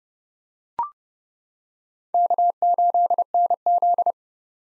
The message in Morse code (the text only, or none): K8NZ